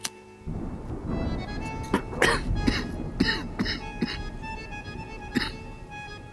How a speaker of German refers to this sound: Ich zündete mir eine Zigarette an und musste husten.